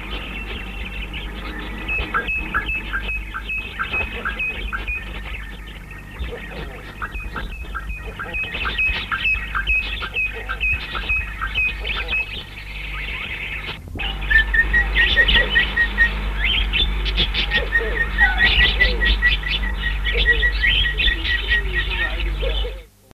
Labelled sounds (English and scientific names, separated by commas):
Eastern Rosella (Platycercus eximius) call